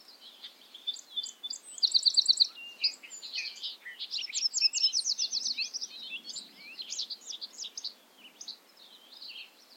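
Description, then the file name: Bobolink singing a continuous, rapid, bubbling medley of bright high notes with a brief buzzy trill early on, then fading toward the end. Recorded at Ferme Beauchamp. "A bobolink talks to you from Ferme Beauchamp"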